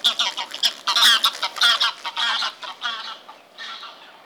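Greylag goose: greylag geese calling, a dense flock chorus of overlapping nasal honks and cackles, loudest in the first two and a half seconds and then thinning out.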